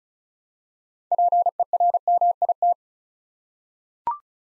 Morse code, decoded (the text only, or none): PERMIT